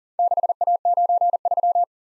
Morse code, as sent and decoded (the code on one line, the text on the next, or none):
-.... .- ----. ...--
6A93